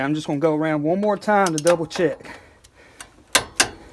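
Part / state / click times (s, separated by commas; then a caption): click-type torque wrench on wheel hub bolts / torque reached / 3.4 s, 3.6 s. A click-type torque wrench set at 83 ft-lb is taken around the wheel hub bolts once more to double-check them during a front wheel bearing assembly replacement on a 2003 Ford Explorer. Someone talks at first, then after a few faint ticks the wrench gives two sharp clicks at 3.4 s and 3.6 s, clicking at its setting on the recheck.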